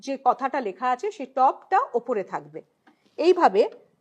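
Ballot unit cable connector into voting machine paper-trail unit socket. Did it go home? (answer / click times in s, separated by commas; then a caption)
no / none. A ballot unit cable connector is held lined up red-to-red and black-to-black with its "top" side up, ready to be pushed into the socket of a voting machine's paper-trail (VVPAT) unit, while someone talks throughout. Nothing has seated or clicked yet; the connector is only being handled.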